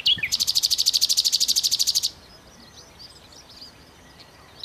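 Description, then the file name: Common nightingale song opening with a fast, steady, rattling trill of many repeated notes, then faint scattered chirps. "Nachtigall"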